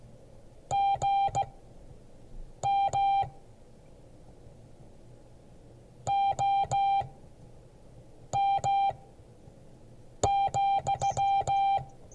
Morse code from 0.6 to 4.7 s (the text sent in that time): GM